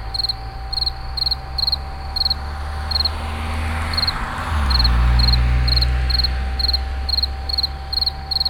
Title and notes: Insect near WWTP. 2011, Moulins sur allier